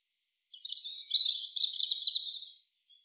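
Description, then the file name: European robin song, a single phrase of about two seconds of high, tinkling, rapidly changing notes and fine trills, against a quiet background. "Erithacus rubecula"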